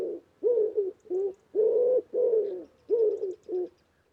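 Bird cooing in low, hollow notes, seven rounded coos in short bursts with brief gaps, over a quiet background.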